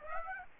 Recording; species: mosquito wingbeat signal from an infrared sensor; Aedes aegypti